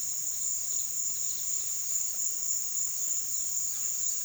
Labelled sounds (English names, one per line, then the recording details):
none
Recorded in pastures near Puerto Asís, Putumayo, Colombia, on 23 June 2025 at 15:30
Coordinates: 0.466, -76.322
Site GP07